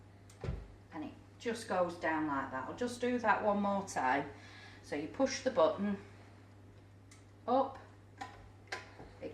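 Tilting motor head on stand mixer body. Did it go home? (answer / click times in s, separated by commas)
yes / 8.7 s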